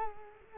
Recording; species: mosquito wingbeat signal from an infrared sensor; Culex quinquefasciatus